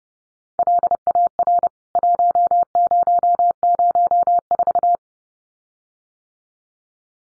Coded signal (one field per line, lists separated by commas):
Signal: Morse code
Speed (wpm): 30 wpm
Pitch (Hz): 700 Hz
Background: none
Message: LAR 1004